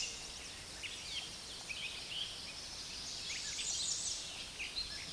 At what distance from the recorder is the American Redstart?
about 35 m